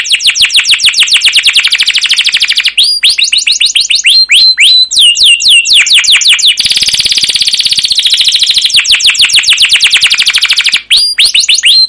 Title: CUIT CUIT NGEROL LANGSUNG GACOR PANJANG Kenari Ini Utk Pancingan KENAR. Suara Burung Kenari Gacor Panjang cuit cuit Ngerol untuk Pancingan Kenari!